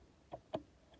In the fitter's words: snaps right into place